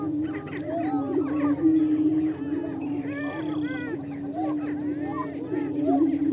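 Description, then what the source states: Greater prairie chickens boom together in a continuous low moan, while frequent whoops, cackles and rising squeals from several birds overlap above it. Missouri.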